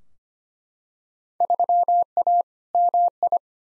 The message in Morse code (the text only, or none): 3A MI